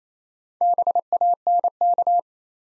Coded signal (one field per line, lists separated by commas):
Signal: Morse code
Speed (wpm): 27 wpm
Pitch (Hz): 700 Hz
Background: none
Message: BANK